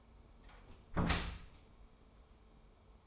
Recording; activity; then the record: daily activity, microphone in the room; close door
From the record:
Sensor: 1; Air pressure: 1015.2 hPa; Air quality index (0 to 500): 167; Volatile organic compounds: 11 ppm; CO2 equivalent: 2314 ppm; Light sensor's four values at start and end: 14/33/14/15 and 14/33/14/15